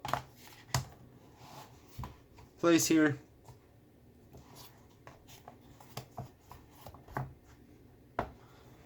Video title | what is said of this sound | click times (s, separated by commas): 2021 Amazon fire hd10/hd10 plus review | so it just snaps into | 0.8 s